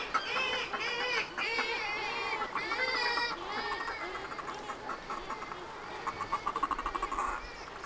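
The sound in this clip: Northern fulmar cackling, rapid runs of harsh, harmonic notes from several birds, ending with a quick series of short pulsed notes, over steady background noise.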